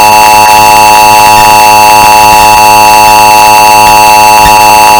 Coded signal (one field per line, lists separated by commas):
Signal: Emergency Alert System (SAME) tones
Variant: 853 and 960 Hz attention tone